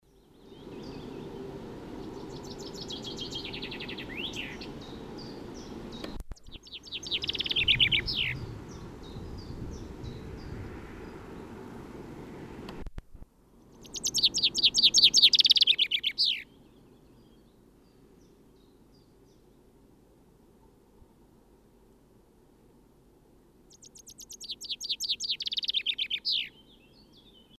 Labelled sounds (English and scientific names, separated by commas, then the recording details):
Common Chaffinch (Fringilla coelebs) song, Common Chiffchaff (Phylloscopus collybita)
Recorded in the wild
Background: Phylloscopus collybita
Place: Baden-Baden, Baden-Württemberg, DE
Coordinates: 48.7656, 8.2287
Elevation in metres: 176
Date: 1976-04-22
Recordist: Tretzel, Erwin
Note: Baden-Baden: Gesang